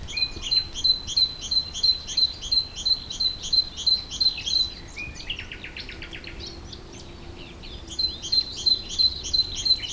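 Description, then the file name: Great tit calling in a fast, even series of high, sharp notes, broken midway by a short buzzy chatter before the quick series resumes. "Parus major"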